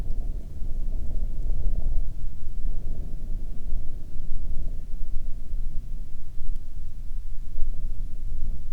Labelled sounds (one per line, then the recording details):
wind
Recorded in the Prudhoe Bay oil fields, Alaska, on 20 May 2019 at 03:04
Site 11